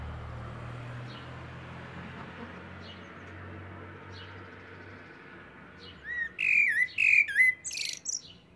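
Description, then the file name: Eurasian blackbird bursts into a brief fluted phrase and squeaky high twitter after several seconds of low hum and quiet background. "Turdus merula"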